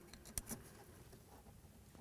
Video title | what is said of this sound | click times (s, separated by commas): How To Replace Front Brakes 2012-2019 BMW 328I | Listen for a click, give it a nice tug. Make sure it doesn't come apart like that. | 0.4 s